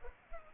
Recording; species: mosquito wingbeat signal from an infrared sensor; Culex pipiens